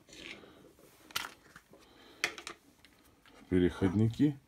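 An AA rechargeable cell is handled and pushed toward a plastic AA-to-D size adapter for a Maglite 6D flashlight, with soft rubbing and light taps around 1.2 s and 2.2–2.5 s. Someone talks near the end. Nothing has seated or clicked yet.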